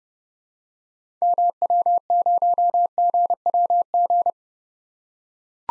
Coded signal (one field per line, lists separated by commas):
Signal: Morse code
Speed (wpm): 30 wpm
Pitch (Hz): 700 Hz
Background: none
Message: MW0GWG